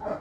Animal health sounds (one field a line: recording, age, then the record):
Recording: pig call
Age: growing-finishing pig (85 days or more)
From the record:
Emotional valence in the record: positive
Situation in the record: run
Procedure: transit